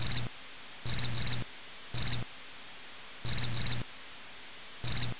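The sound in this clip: Cricket chirping: short trains of rapid, high, pulsed notes, some bursts doubled, repeating every second or so with silent gaps between.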